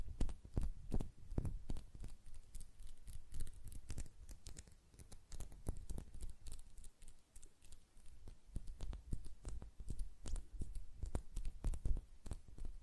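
Fingernails tap and flutter in quick, uneven bursts, each click sharp and bright against a soft low thump. The taps come densely and irregularly throughout, sometimes clustering into rapid rolls, with a faint steady hum underneath.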